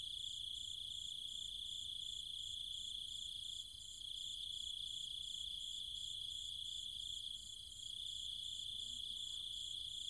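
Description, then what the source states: Cicadas and insects in a dense, even high-pitched drone with fast rhythmic pulsing, the sound dipping briefly around four and eight seconds. Cicadas and other insects calling at night in trees and fields, Chiang Mai, Thailand, countryside.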